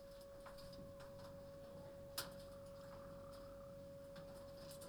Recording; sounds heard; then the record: poultry house recording; sick chickens (respiratory disease)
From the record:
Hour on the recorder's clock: 22